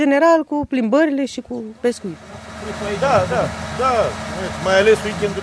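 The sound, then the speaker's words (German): A man speaks briefly, then a motorboat engine starts up as a steady, low droning rumble with a rushing noise above it, while voices talk over the engine, on the half-hour boat trip from Krishan to Sulina in the Danube Delta, Romania. “Von Krishan ist es noch eine gute halbe Stunde mit dem Motorboot nach Sulina.”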